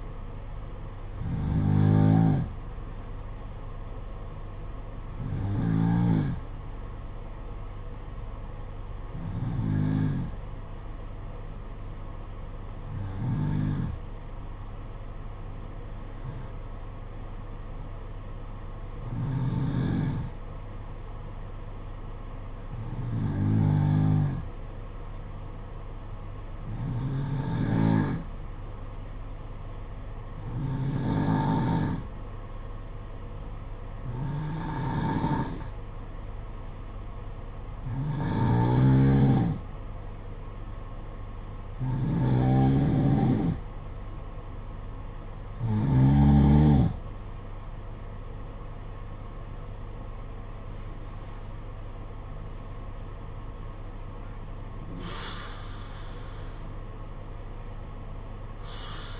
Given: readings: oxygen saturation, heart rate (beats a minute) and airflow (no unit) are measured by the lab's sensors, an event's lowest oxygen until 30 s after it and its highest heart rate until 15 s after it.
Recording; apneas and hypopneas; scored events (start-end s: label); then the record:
breathing in sleep by a smartphone at the bedside; 1
11.00-48.60 s: hypopnea (N2, oxygen 93% highest, then 88% lowest, heart rate 53 at the start, 63 highest)
57.00-59.20 s: new sleep stage, N1 (lightest sleep)
From the record:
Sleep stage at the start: N2 (light sleep); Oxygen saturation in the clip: 87 to 93%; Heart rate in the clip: 52 to 63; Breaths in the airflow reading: 16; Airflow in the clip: -11.2 to 9.6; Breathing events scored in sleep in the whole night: 476 in 9.7 hours asleep